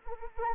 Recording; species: mosquito wingbeat signal from an infrared sensor; Anopheles arabiensis